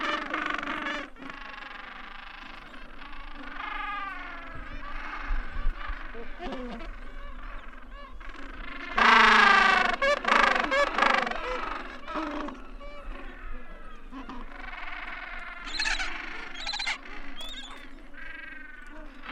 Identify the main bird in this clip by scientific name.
Pygoscelis papua